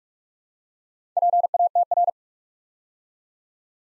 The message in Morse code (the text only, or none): PATR